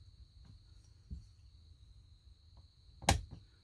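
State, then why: Seated. After an earlier failed try, a steel piston pin circlip is pushed with a tool into the groove of a Meteor piston for a Stihl 028 (028AV/028 Super) chainsaw. Faint low handling noises lead up to a single sharp, bright click at 3.1 s. The circlip snaps into the groove and is confirmed seated.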